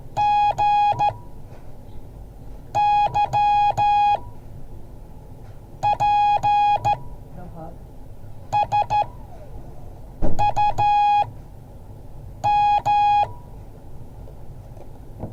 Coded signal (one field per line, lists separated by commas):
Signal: Morse code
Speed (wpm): 14 wpm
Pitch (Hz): 830 Hz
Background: none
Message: GYPSUM